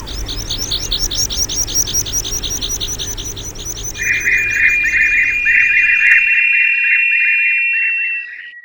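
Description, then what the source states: Meadow Pipit song: a rapid run of thin high repeated notes, then a sustained trilling buzz that continues almost to the end as background hum fades out. Indicator species of meadows, pastures, moors and mountain bogs, now rare; small, slim, nearly sparrow-sized, grey-brown and hard to see; sings in tumbling flight.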